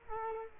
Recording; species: mosquito wingbeat signal from an infrared sensor; Culex quinquefasciatus